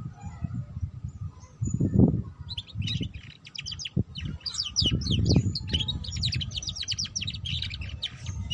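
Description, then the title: Canary singing a rapid run of sharp chirps and buzzy trills from about two and a half seconds onward, with low thumping noise and a constant faint hum beneath. Belgian canary song used to warm up and stimulate canaries to sing, teaching the ngeriwik song style. "Canto Para Esquentar Canário Belga. Suara Kenari Belajar Bunyi Ngeriwik || Cocok Untuk Pancingan Kenari Ngeriwik"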